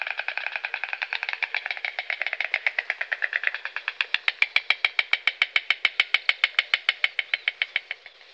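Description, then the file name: White stork clattering its bill: a continuous, fast wooden rattle of crisp clicks that becomes more distinct and evenly spaced over eight seconds. Europe. "Golosa ptic Evropy - Aist belyj"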